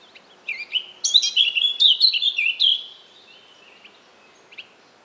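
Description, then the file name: Eurasian blackcap song: a quick, varied warbling phrase of bright, rich notes lasting about two seconds, ending abruptly, then a few faint soft notes. "Sylvia atricapilla"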